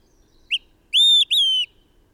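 Bird song of one short upward note followed by two long, pure whistled notes, the second falling slightly, against near silence.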